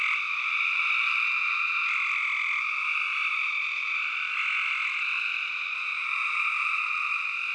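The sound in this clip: Dense spring peeper chorus: shrill repeated peeps layered into an unbroken high ringing sound, steady in volume throughout.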